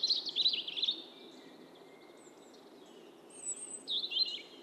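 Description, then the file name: European robin song: a high warbling phrase at the start, a pause with soft hiss, then another thin, high phrase near the end. "Erithacus rubecula"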